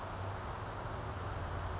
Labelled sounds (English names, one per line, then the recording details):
California Towhee
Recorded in Sonoma County, California